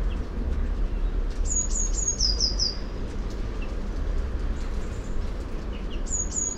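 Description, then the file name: Eurasian blue tit song, high sibilant introductory notes then a fast lower trill, heard once fully and begun again at the end, over continuous low-frequency noise. "Cyanistes caeruleus"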